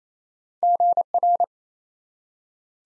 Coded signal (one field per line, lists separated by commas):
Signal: Morse code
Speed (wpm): 27 wpm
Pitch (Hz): 700 Hz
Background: none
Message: GR